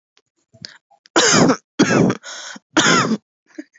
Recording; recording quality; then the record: heavy voluntary cough; excellent, no background noise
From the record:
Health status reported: healthy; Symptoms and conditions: none ticked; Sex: female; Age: 28 years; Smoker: not ticked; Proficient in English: yes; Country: India